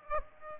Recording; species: mosquito wingbeat signal from an infrared sensor; Aedes aegypti